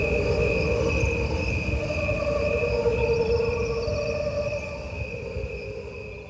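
Crickets keep up a continuous, even trill, fading slightly toward the end, over low rumbling noise.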